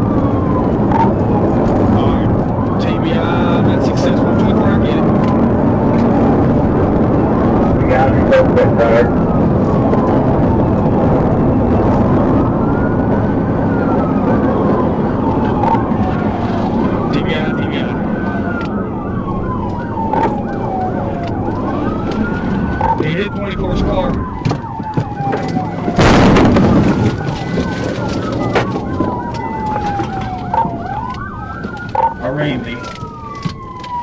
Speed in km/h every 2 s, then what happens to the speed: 132, 132, 142, 150, 150, 143, 109, 81, 66, 52, 37, 21, 26, 34, 27, 18, 0.
2-5 speeds up to 150. 9-22 brakes to 21. 22-29 steady at about 26. 29-32 brakes to 0.